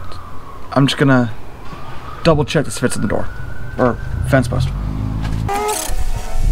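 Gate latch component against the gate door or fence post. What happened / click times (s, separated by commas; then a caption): The gate latch is only handled, with no seating click / none. A gate latch is held up against the gate door or fence post to check that it fits before it is pushed into place, while someone talks over a steady siren-like tone in the background. The latch is only handled, and nothing has seated or clicked yet.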